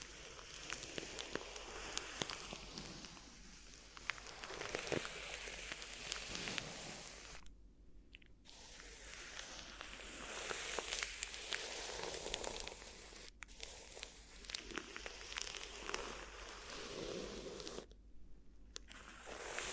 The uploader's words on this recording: ASMR Addictive Crinkly Ear Massage (No Talking).